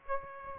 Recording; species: mosquito wingbeat signal from an infrared sensor; Aedes aegypti